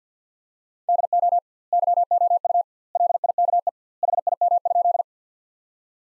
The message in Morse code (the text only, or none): DO YOU LIKE HIM?